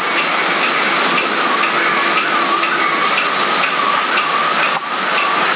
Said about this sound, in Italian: Si sente un allarme, vediamo se lo senti.